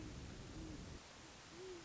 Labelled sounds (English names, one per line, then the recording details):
Great Horned Owl
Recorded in Sonoma County, California